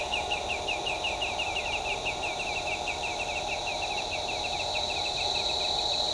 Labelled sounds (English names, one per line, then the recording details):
Pale-legged Hornero
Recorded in shrubland near Pivijay, Magdalena, Colombia, on 16 April 2023 at 07:30
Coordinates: 10.453, -74.365
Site P5-G022